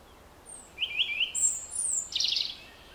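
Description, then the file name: European robin with a brief burst of high, tinkling notes, a sharp descending whistle, then a fast, dry trill, all thin and high-pitched against faint hiss. "Erithacus rubecula"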